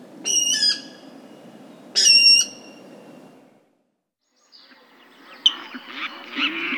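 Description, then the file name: Water rail squeals, two brief high harmonic bursts, followed by softer scratchy rustling and faint chatter. "Rale-d eau"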